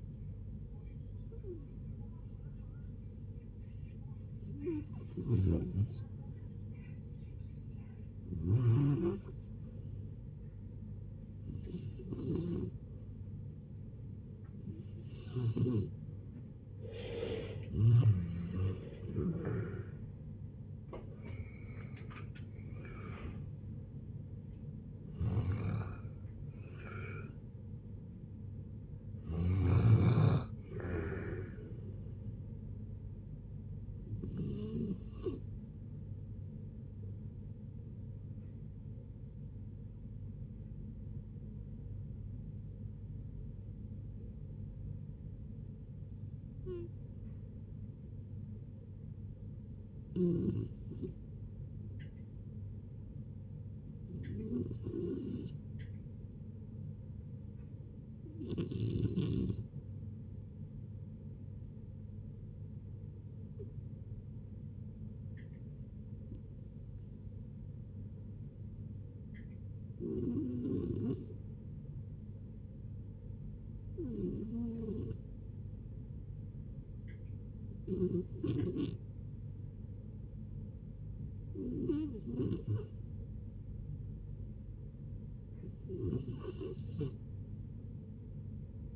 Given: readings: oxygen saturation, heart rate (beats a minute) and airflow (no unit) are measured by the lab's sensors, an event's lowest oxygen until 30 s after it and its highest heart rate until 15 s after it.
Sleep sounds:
a person awake in a sleep study, by a smartphone at the bedside; none
0.00-88.96 s: awake
0.00-88.96 s: awake
From the record:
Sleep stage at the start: awake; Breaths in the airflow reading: 30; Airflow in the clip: -0.7 to 0.7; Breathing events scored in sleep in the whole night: 496 in 5.4 hours asleep

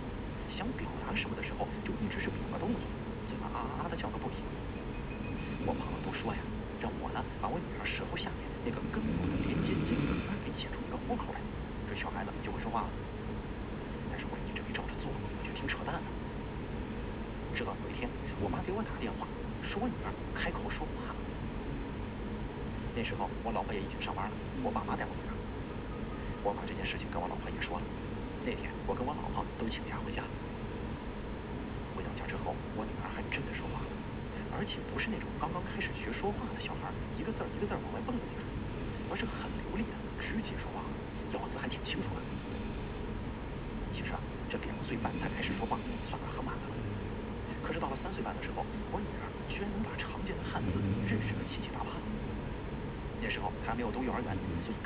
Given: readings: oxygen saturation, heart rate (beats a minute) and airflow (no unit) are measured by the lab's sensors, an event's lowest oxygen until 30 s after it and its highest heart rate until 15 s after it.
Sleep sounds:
breathing in sleep by a voice recorder at the bedside; none
none scored
From the record:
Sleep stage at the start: N2 (light sleep); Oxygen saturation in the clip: 92 to 94%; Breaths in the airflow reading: 17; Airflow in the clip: -2.0 to 3.6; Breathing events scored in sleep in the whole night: 335 in 6.7 hours asleep

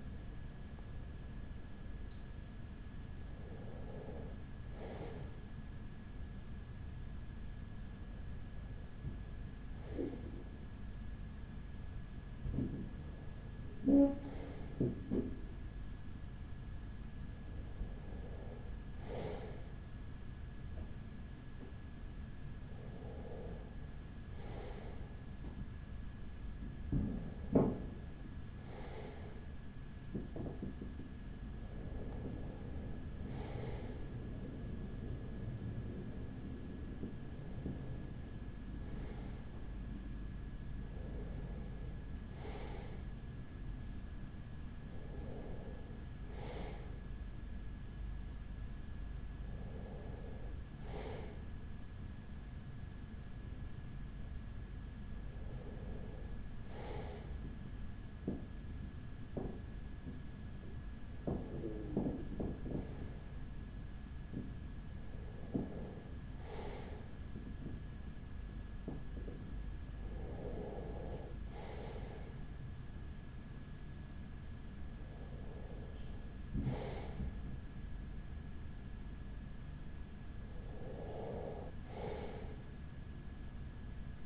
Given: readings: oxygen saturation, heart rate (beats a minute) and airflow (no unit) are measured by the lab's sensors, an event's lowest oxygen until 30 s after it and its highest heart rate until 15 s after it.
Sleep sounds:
breathing in sleep by a smartphone at the bedside; none
none scored
From the record:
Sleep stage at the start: REM sleep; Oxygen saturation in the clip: 94 to 95%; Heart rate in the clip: 38 to 45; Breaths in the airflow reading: 17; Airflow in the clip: -5.1 to 4.4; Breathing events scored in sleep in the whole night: 207 in 7.6 hours asleep

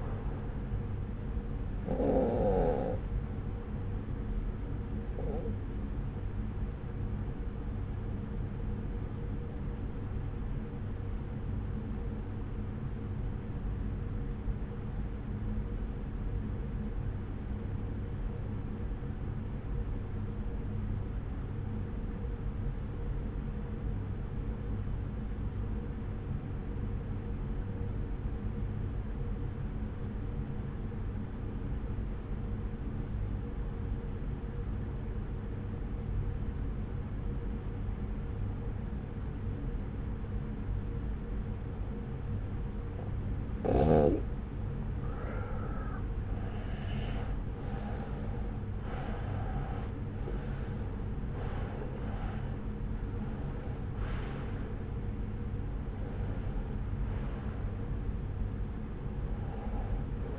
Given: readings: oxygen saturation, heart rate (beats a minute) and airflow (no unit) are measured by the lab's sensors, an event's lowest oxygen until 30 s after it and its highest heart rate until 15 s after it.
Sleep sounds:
breathing in sleep by a smartphone at the bedside; 1
14.00-47.10 s: obstructive apnea (N1, oxygen 95% highest, then 84% lowest)
From the record:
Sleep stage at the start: N1 (lightest sleep); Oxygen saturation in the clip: 84 to 95%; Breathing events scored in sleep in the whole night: 303 in 8.1 hours asleep

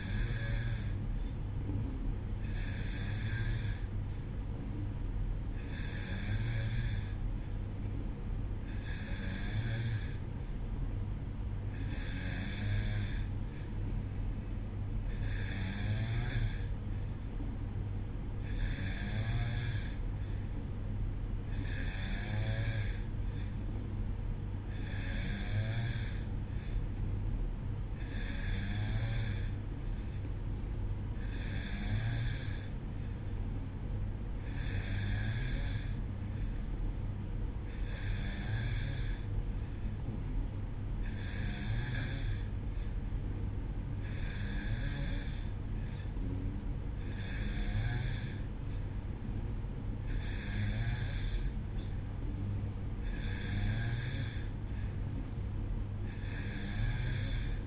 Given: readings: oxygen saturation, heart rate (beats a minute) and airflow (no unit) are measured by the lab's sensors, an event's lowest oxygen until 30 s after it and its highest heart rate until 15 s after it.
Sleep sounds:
breathing in sleep by a smartphone at the bedside; none
none scored
From the record:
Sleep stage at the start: N2 (light sleep); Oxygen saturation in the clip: 91 to 92%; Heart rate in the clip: 62 to 65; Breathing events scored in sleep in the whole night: 305 in 9.6 hours asleep

